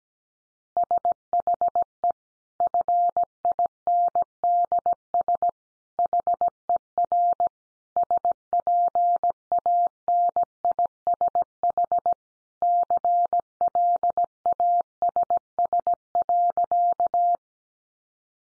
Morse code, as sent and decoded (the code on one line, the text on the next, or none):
... .... . / ..-. .. -. -.. ... / .... . .-. / ... .--. .- -. .. ... .... / -.-. .-.. .- ... ... .-.-.-
SHE FINDS HER SPANISH CLASS.